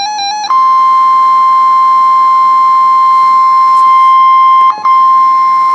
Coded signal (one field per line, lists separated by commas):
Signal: Emergency Alert System (SAME) tones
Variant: 1050 Hz attention tone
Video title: TORNADO WARNING (EAS #1428)